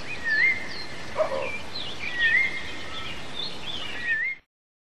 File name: Piet my Vrou